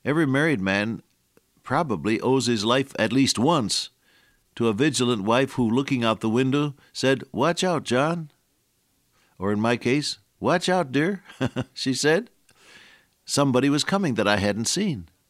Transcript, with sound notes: Every married man probably owes his life, at least once to a vigilant wife who looking out the window, said, “Watch out John.” Or in my case, “Watch out dear,” [chuckle] she said. Somebody was coming that I hadn’t seen.